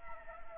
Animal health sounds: mosquito wingbeat signal from an infrared sensor; Anopheles arabiensis

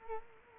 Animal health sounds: mosquito wingbeat signal from an infrared sensor; Culex quinquefasciatus

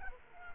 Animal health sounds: mosquito wingbeat signal from an infrared sensor; Culex quinquefasciatus

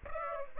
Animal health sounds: mosquito wingbeat signal from an infrared sensor; Aedes aegypti

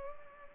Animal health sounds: mosquito wingbeat signal from an infrared sensor; Culex pipiens

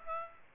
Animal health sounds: mosquito wingbeat signal from an infrared sensor; Aedes aegypti

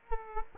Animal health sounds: mosquito wingbeat signal from an infrared sensor; Culex quinquefasciatus

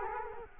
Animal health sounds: mosquito wingbeat signal from an infrared sensor; Culex quinquefasciatus

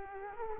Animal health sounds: mosquito wingbeat signal from an infrared sensor; Culex quinquefasciatus

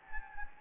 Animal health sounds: mosquito wingbeat signal from an infrared sensor; Anopheles gambiae

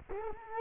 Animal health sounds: mosquito wingbeat signal from an infrared sensor; Culex quinquefasciatus

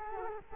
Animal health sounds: mosquito wingbeat signal from an infrared sensor; Culex quinquefasciatus

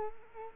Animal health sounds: mosquito wingbeat signal from an infrared sensor; Culex quinquefasciatus

